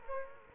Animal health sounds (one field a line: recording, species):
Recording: mosquito wingbeat signal from an infrared sensor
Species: Culex quinquefasciatus